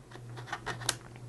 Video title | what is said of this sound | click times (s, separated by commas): What To Do When You Don’t Have The Magnetic Ring on Your Godox Flash | You heard that? So, that's the click. | 0.9 s